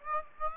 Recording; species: mosquito wingbeat signal from an infrared sensor; Aedes aegypti